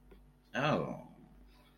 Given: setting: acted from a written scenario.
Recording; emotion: vocal sound without words; realization